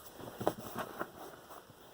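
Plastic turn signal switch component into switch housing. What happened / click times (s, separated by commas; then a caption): A small plastic part clicks into place / 0.5 s. While reassembling the mechanical turn signal switch of a 2006 Saab 9-3, being repaired because its turn signal randomly came on by itself, a plastic switch component is stretched over and pressed home into the switch housing. It gives a sharp, gentle click at 0.5 s, followed by a softer tap near 1.0 s over a quiet background. The plastic part is seated in place.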